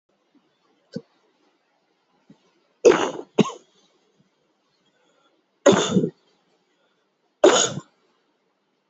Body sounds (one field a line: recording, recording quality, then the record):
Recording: heavy voluntary cough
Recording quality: excellent, no background noise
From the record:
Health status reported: healthy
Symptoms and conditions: none ticked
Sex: male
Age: 28 years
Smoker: not ticked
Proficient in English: yes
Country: India